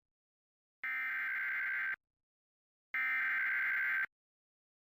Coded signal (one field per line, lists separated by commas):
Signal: Emergency Alert System (SAME) tones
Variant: header bursts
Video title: Severe Thunderstorm Warning on KAZD-TV (EAS #632) (4/8/24)